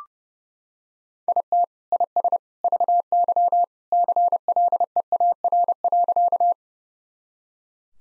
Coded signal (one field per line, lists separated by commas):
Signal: Morse code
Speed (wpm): 32 wpm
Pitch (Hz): 700 Hz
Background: none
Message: IT IS VY CLEAR.